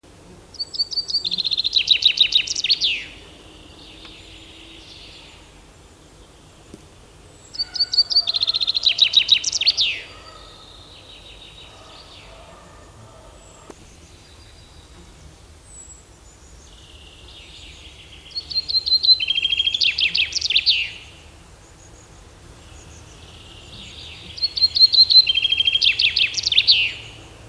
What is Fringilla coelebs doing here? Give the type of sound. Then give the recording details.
song. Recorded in the wild. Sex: male. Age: adult. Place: Schloß Holte-Stukenbrock, Senne, Nordrhein-Westfalen, DE. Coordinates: 51.8667, 8.66667. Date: 1973. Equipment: Uher 4200 Report Stereo, Bändchenmikro Beyer M 260, Parabolspiegel Polyester (600 mm). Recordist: Conrads, Klaus. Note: Stukenbrock, Furlbach-Gebiet. Männchen: Gesang (A) (Buchfink 62-6 - Bezeichnung des Autors). Ungenaue Datumsangabe: 15. bis 20.06.1973